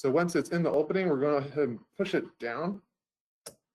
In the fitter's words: until it clicks into place and you should hear that click you should hear and feel it click once you insert the